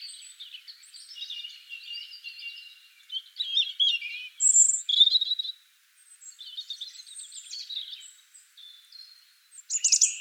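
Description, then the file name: European robin singing a rambling run of thin whistles, tinkling trills and quick warbled notes, ending with a sharp high burst. "Erithacus rubecula"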